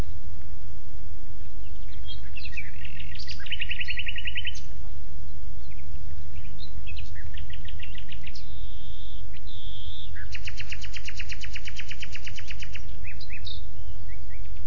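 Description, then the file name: Common nightingale song with dense rapid rattling trills and pure held whistles in separate phrases, pauses between them, and low background rumble. "Luscinia megarhynchos"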